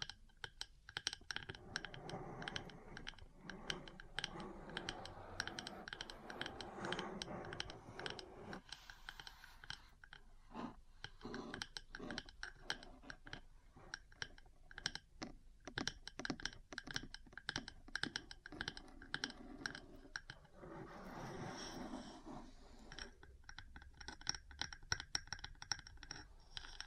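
Small metal parts tap, click and scratch against each other in a dense, irregular patter that runs the whole time. Clusters of rattling scrapes thicken early on and again near twenty-one seconds, between sparser, sharper ticks that sound a little like typing.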